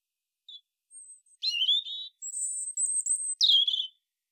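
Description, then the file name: European robin song, scattered thin high notes, a buzzy falling phrase, a long high trilled whistle and a final rapid descending flourish. "Erithacus rubecula"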